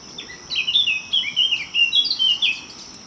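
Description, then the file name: Eurasian blackcap warbling a quick, varied string of chirpy notes, with a thin, steady high tone behind. "Sylvia atricapilla"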